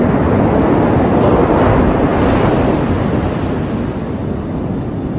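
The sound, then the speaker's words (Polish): A loud, steady roar of ocean surf, dense and rumbling, with waves about 10 metres high crashing and churning continuously and easing slightly toward the end. No voices are present. “Tworzy się fala, która ma około 10 metrów, a mogła mieć nawet po 12 metrów.”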